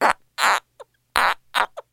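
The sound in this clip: Frog giving short, harsh croaks, four rasping notes in two seconds at uneven spacing, with fainter short notes between them.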